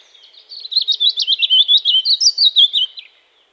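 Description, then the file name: European robin song: one high, thin warbling phrase of rapid wavering notes, lasting about two and a half seconds. "Erithacus rubecula"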